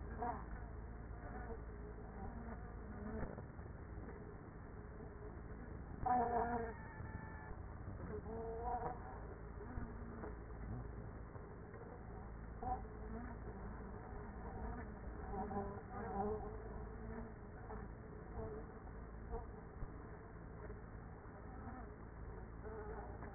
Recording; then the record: honeybee colony, microphone inside the hive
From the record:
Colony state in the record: queenless with a low population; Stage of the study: after two queens were removed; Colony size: about 30,000 bees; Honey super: no